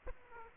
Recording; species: mosquito wingbeat signal from an infrared sensor; Aedes aegypti